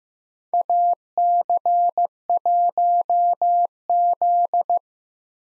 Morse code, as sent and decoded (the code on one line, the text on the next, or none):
.- -.-. .---- --..
AC1Z